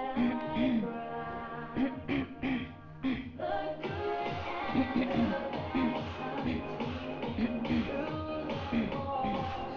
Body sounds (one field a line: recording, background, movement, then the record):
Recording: throat clearing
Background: music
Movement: sitting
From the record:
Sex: female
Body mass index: 22.6 kg/m2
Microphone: on the chest, facing outward